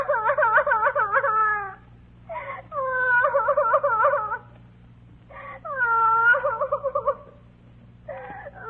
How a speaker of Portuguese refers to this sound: Iam eles andando, quando ao passar por baixo de uma amendoeira, ouviram bem perto um choro de criança.